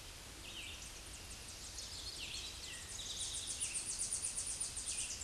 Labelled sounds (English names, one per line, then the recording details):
Tennessee Warbler song
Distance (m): 15 m
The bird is about 10 m above the microphone
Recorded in a Pennsylvania forest on 16 May 2024 at 07:58
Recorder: AudioMoth, point MSD-0178
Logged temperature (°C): 15.3 °C
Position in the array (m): 69 m, 61 m